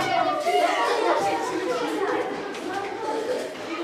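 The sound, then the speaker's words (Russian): Many young voices chatter over one another as students walk along a school corridor past a stand of children's drawings for 9 May, a steady, lively babble of children talking and moving along without pause. “Ученики идут по школьному коридору мимо стенда с детскими рисунками к 9 мая.”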